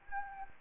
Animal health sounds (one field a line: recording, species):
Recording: mosquito wingbeat signal from an infrared sensor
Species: Anopheles gambiae